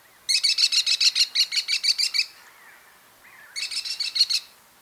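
American kestrel calling a fast run of high, shrill klee notes for about two seconds, a pause, then a shorter burst of similar notes.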